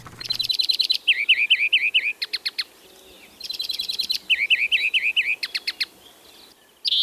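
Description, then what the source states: European greenfinch song: rapid trills alternating with runs of wavering notes, given in two similar phrases separated by a short pause. Original-speed song of trilling notes and drawn-out whistles alternating with the characteristic wheezing.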